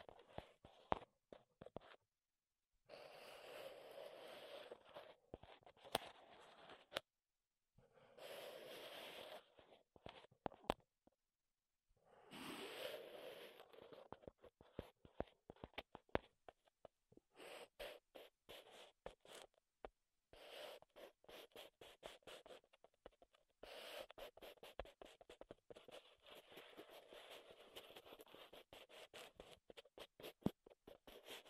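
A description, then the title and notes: Wood triggers: dense scratching and scraping on a wooden surface, running in bursts that stop and start with short silent gaps. Some passages are smooth continuous rubs, others rapid clicky taps. The sound is mid-pitched with a dry, bright edge and no background noise. ASMR Wood Triggers in Your Ears (No Talking).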